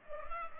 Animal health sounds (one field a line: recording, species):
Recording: mosquito wingbeat signal from an infrared sensor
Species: Culex pipiens